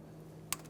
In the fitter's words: push that on now once you hear it and feel it snap into place you're all set